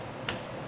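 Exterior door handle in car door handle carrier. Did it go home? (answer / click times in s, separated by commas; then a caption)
released / 0.3 s. The exterior door handle of a 2015–2022 Mercedes C-Class (W205), sitting in the car door's handle carrier, is pulled straight out until one short, sharp click sounds at 0.3 s over a steady low background hiss. The click marks the handle reaching its release position, freeing it to slide back and swing out.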